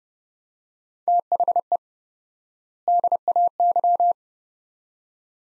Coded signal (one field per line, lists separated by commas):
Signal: Morse code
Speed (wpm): 30 wpm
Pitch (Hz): 700 Hz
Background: none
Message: THE DAY